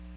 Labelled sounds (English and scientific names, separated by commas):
Magnolia Warbler (Setophaga magnolia) flight call